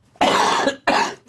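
Two forceful coughs in quick succession from an adult man who had been ill a few days before, the first lasting about half a second and the second a little shorter, with a brief pause between them. Both sound harsh and noisy, without wheeze or whoop. A plain cough in a quiet studio.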